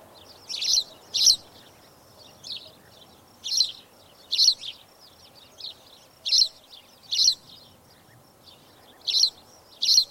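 Spanish sparrow chirps in loose pairs, loud ones separated by softer chirps, irregularly spaced throughout.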